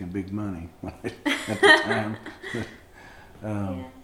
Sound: laughing

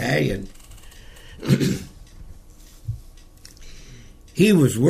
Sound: clears throat

